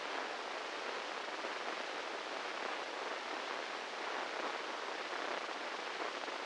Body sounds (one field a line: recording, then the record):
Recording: brain microelectrode recording played as sound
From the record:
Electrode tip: inside the subthalamic nucleus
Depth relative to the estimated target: -3 mm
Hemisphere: right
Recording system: NeuroSet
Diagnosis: Parkinson's disease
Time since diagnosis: 8 years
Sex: male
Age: 58 years